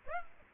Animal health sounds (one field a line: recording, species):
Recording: mosquito wingbeat signal from an infrared sensor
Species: Aedes aegypti